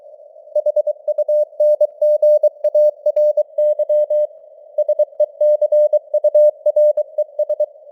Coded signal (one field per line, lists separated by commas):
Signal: Morse code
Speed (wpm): 23 wpm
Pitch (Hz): 600 Hz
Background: none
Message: HUNGARY SECURES